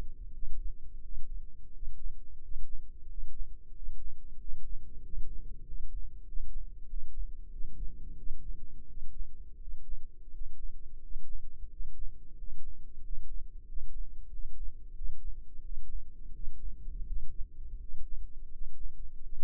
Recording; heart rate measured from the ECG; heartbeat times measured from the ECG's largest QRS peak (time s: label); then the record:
heart sounds by microphone in the left ear; 89 bpm
0.31 s: heartbeat
1.01 s: heartbeat
1.71 s: heartbeat
2.39 s: heartbeat
3.06 s: heartbeat
3.72 s: heartbeat
4.37 s: heartbeat
5.00 s: heartbeat
5.63 s: heartbeat
6.25 s: heartbeat
6.86 s: heartbeat
7.49 s: heartbeat
8.15 s: heartbeat
8.86 s: heartbeat
9.58 s: heartbeat
10.29 s: heartbeat
10.99 s: heartbeat
11.68 s: heartbeat
12.35 s: heartbeat
13.01 s: heartbeat
13.65 s: heartbeat
14.29 s: heartbeat
14.94 s: heartbeat
15.62 s: heartbeat
16.32 s: heartbeat
17.05 s: heartbeat
17.77 s: heartbeat
18.50 s: heartbeat
19.20 s: heartbeat
From the record:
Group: healthy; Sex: male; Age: 33 years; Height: 179 cm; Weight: 80.4 kg